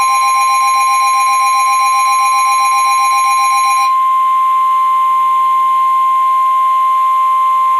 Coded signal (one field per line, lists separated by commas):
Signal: Emergency Alert System (SAME) tones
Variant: 1050 Hz attention tone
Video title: SCHOOL SUCKS - EAS alerts 232-251